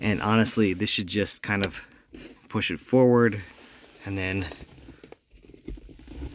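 Someone talks while lining up a plastic convertible top latch cover on a Porsche 911 Carrera (997) Cabriolet soft top and sliding it forward one-handed toward the latch housing at the windshield header. Only faint handling sounds follow, with small taps around 5.0, 5.1 and 5.7 seconds. The cover has not seated or clicked in yet.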